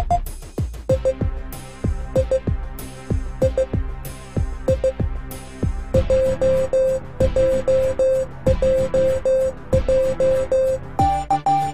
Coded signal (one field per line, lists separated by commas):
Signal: Morse code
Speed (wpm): 15 wpm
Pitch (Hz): 520 Hz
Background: music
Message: I I I I JJJJ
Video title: learn morse code